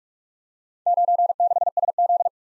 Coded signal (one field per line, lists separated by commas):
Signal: Morse code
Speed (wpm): 44 wpm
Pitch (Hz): 700 Hz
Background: none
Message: 96SZ